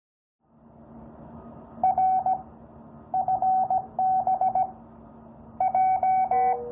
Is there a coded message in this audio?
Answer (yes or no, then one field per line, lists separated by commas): yes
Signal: Morse code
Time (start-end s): 1.8-6.5 s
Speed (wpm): 17 wpm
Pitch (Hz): 780 Hz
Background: none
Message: R FB J